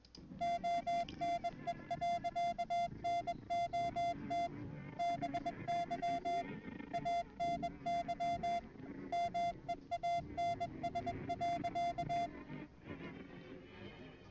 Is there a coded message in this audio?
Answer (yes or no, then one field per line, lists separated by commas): yes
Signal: Morse code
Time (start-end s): 0.4-12.3 s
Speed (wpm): 21 wpm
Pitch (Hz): 690 Hz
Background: speech, music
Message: ONE. NOT BY ANY MEANS.